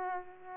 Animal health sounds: mosquito wingbeat signal from an infrared sensor; Aedes aegypti

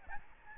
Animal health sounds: mosquito wingbeat signal from an infrared sensor; Aedes albopictus

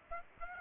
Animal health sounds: mosquito wingbeat signal from an infrared sensor; Aedes aegypti

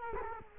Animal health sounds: mosquito wingbeat signal from an infrared sensor; Culex quinquefasciatus

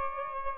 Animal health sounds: mosquito wingbeat signal from an infrared sensor; Aedes albopictus

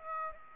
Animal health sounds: mosquito wingbeat signal from an infrared sensor; Aedes aegypti

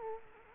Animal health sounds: mosquito wingbeat signal from an infrared sensor; Culex quinquefasciatus

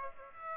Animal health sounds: mosquito wingbeat signal from an infrared sensor; Aedes aegypti

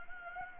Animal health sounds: mosquito wingbeat signal from an infrared sensor; Anopheles gambiae

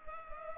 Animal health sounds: mosquito wingbeat signal from an infrared sensor; Culex pipiens

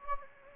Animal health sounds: mosquito wingbeat signal from an infrared sensor; Anopheles gambiae

